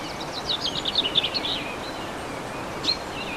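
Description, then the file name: Bird song: a fast, bright trill of high notes lasting about a second and a half, then a single sharp chirp near the end, over a steady hiss. Birdsong recorded 15 March 2014 on an MZ-N710 recorder. "MZ-N 710 Chants d oiseaux 15 03 14"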